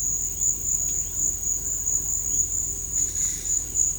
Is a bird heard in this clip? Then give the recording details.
yes. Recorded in pastures near Puerto Asís, Putumayo, Colombia, on 18 December 2024 at 13:00. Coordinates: 0.466, -76.322. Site G040